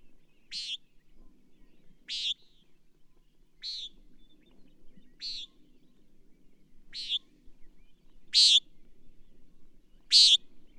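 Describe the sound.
Bird repeating rasping high buzzes, seven notes at roughly one-and-a-half-second intervals, the last ones louder, with a faint low hum underneath.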